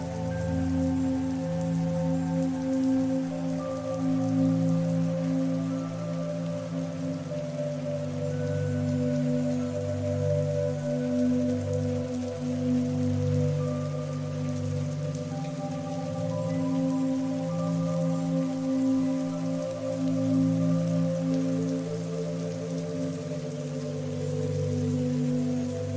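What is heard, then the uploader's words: Soft, slow music with sustained low tones and gentle higher notes drifts over a steady, even patter of rain throughout, unchanging. Relaxing Music & Rain Sounds.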